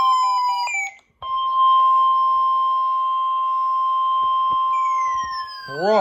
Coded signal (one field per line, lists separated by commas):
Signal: Emergency Alert System (SAME) tones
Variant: 1050 Hz attention tone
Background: speech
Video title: A WACKY STORMY TUESDAY!! | EAS Alerts from 7/22/26